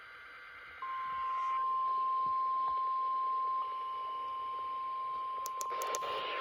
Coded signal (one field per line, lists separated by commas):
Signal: Emergency Alert System (SAME) tones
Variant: 1050 Hz attention tone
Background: speech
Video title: EAS #257-261| Required Weekly Test| KXI76, WWH23, WXJ31